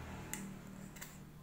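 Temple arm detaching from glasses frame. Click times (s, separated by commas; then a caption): 0.3 s. A release button is pressed on the frame of Daisy X7 tactical glasses, and the plastic temple arm comes off with a short, sharp click at 0.3 s. A second, softer click follows at about 1.0 s over a steady low hum, and the temple arm is released from the frame.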